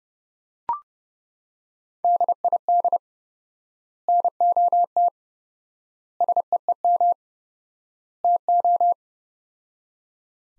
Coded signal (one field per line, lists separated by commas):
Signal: Morse code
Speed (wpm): 30 wpm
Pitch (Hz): 700 Hz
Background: none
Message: DID NOT SEEM TO